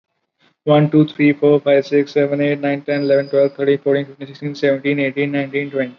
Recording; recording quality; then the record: counting at a normal pace; excellent, no background noise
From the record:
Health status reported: recovered from COVID-19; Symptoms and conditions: none ticked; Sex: male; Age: 23 years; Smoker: not ticked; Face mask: not worn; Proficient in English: yes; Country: India